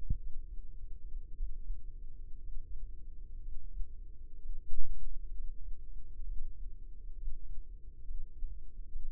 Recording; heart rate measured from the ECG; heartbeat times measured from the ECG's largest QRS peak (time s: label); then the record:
heart sounds by microphone in the left ear; 62 bpm
0.17 s: heartbeat
1.33 s: heartbeat
2.38 s: heartbeat
3.39 s: heartbeat
4.36 s: heartbeat
5.30 s: heartbeat
6.22 s: heartbeat
7.14 s: heartbeat
8.01 s: heartbeat
8.86 s: heartbeat
From the record:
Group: healthy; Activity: breath hold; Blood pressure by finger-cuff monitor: 73/52 mmHg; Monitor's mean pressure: 56 mmHg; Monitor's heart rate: 61 bpm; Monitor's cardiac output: 4.1 L/min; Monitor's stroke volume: 73 mL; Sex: female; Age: 36 years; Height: 163 cm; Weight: 88 kg